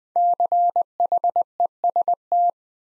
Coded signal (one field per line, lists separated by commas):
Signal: Morse code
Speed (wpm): 20 wpm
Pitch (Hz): 700 Hz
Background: none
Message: CHEST